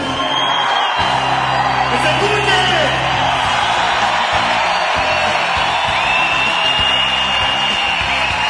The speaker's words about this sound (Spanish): Gritemos fuerte para que los compañeros de CAPE sepan que los estamos esperando.